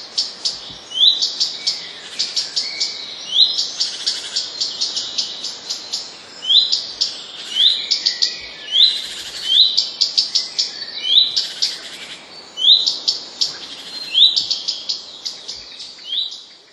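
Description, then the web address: Common redstart song: repeated short phrases, each opening with a clear upward-sliding whistle followed by a scratchy, buzzy twitter, roughly every second or two. "wroblowe kolekcja pleszka"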